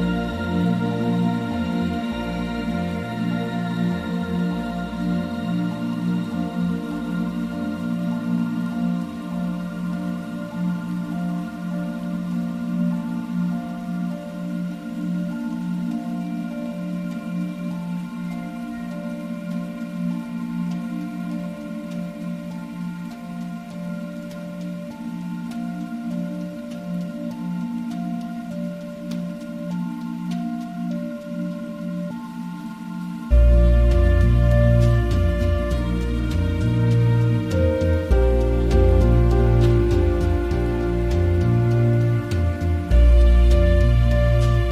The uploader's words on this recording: Relaxing minecraft music with soft rain.